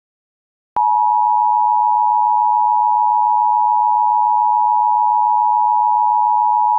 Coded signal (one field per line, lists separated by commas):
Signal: Emergency Alert System (SAME) tones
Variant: 853 and 960 Hz attention tone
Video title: EAS Scenario - Red Toxic Mist